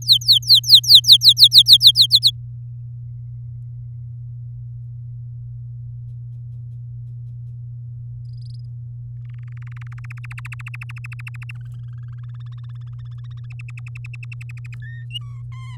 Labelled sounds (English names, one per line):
Domestic Canary song